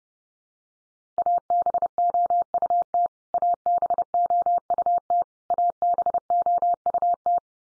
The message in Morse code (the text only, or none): ABOUT ABOUT ABOUT